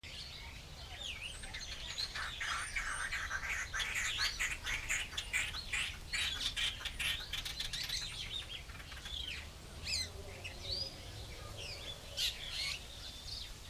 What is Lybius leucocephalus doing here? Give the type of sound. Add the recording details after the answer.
call. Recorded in captivity. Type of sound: call. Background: Lamprotornis superbus. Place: Zoo Berlin, Berlin, DE. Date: 1998-10-17 13:09. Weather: heiter, 14°C, böiger Wind. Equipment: Sony MD-WM MZ-R3, Sennheiser MKH 416 T, Kopie Uher 4000 Report Monitor. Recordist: Tembrock, Günter. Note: Paar